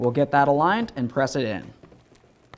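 Someone talks while aligning the rear exterior door handle cable of a 2003-2007 Honda Accord and beginning to press it into the bracket on the back of the inside door handle. After the talking stops, only faint handling ticks are heard near 2.2 and 2.5 seconds. Nothing has seated or clicked yet.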